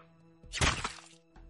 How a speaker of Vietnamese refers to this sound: Trong bóng tối mờ mờ, một tiếng súng vang lên.